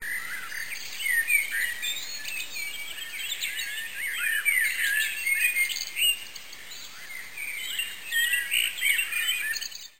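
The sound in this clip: Birds calling: a dense chorus of overlapping high chirps, tweets and short trills throughout, over steady background noise.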